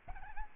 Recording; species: mosquito wingbeat signal from an infrared sensor; Aedes albopictus